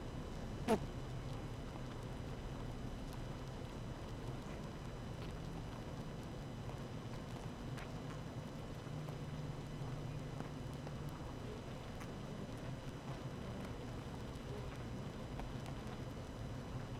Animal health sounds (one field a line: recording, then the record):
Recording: honeybee colony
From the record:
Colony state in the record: active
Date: 12 June 2018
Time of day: 7:08